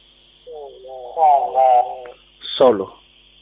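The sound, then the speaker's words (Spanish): A garbled, warbling voice crackles from a machine placed inside a Faraday cage, with interference, beneath a steady high whine, speaking in a few muffled bursts before ending with a sharp, downward-sliding squawk. “Es que va a hablar de nuevo, porque hay como una especie de interferencia.”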